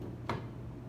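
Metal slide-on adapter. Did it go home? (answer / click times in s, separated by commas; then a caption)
yes / 0.3 s. A slide-on strip-wheel adapter from Eastwood is pushed onto the arbor of a paint-stripping tool until it locks. A single sharp click is heard at 0.3 s, and the adapter is seated and locked in place.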